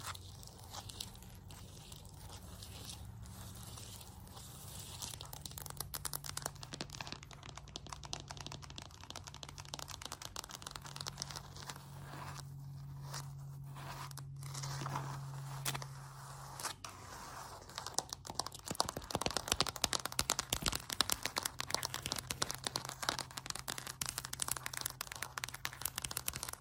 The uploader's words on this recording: ASMR Floor Tapping and Scratching, Build up Tapping,(No Talking).